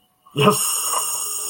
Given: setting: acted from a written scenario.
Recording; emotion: vocal sound without words; triumph